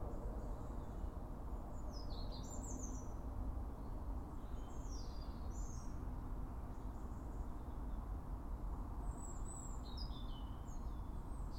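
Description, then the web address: European robin singing short, high, thin phrases of sliding whistles and rapid twitters with gaps between, over a steady low-pitched background roar. "pub SETE data Erithacus rubecula"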